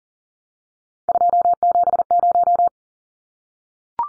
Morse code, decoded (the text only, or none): 270